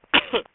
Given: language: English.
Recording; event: throat vibration sensor signal played as sound; cough